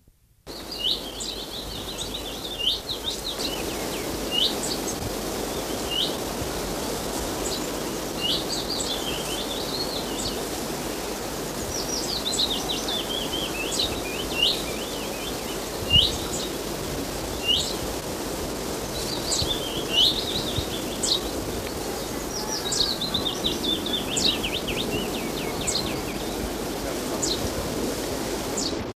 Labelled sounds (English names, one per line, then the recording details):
Common Chaffinch call
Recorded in the wild
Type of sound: call
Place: Spiekeroog, Niedersachsen, DE
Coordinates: 53.7706, 7.69567
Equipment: Halbspur, 9,5 cm/s
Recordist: Lütgens, Hans
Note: Flügge Junge und lockender Altvogel